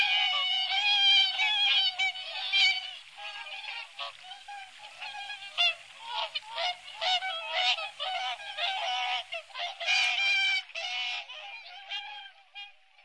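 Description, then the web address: Whooper swans in a noisy flock, dense overlapping honks and trumpeting calls, loud at first and then coming in uneven bursts. Recorded on the Sakhalin and Kuril Islands. "priroda-sakhalina-i-kuril Cygnus cygnus"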